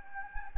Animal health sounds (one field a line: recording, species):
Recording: mosquito wingbeat signal from an infrared sensor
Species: Anopheles gambiae